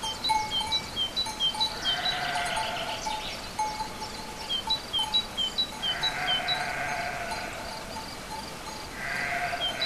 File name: oiseaux moutons chez le maitre 29 04 11